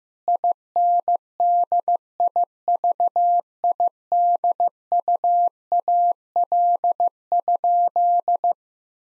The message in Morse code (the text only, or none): INDIVIDUAL?